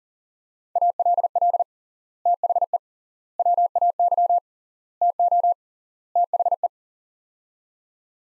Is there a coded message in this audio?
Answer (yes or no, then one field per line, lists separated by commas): yes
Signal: Morse code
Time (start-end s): 0.8-6.7 s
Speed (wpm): 37 wpm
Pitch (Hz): 700 Hz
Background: none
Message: ALL THE WAY TO THE